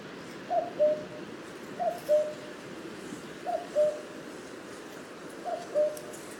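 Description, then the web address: Common cuckoo calling its two-note falling cu-coo four times over steady background hiss. "Cuco común"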